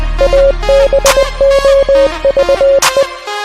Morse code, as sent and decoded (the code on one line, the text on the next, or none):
.- -... --- ...- .
ABOVE